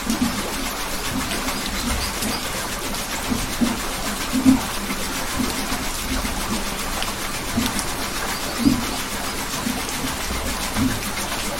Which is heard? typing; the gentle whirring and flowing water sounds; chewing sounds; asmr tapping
the gentle whirring and flowing water sounds